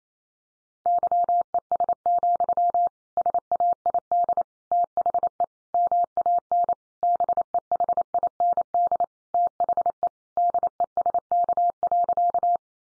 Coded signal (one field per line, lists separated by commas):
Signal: Morse code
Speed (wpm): 28 wpm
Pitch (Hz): 700 Hz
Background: none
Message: YES, SAID THE MAN BEHIND THE DESK.